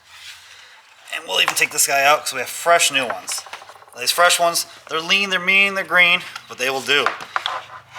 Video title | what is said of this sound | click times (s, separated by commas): How To Remove A Door Panel - Remove & Replace (Jeep Cherokee XJ) | You just want a nice little satisfying click, and that's how you know they're good. | 7.4 s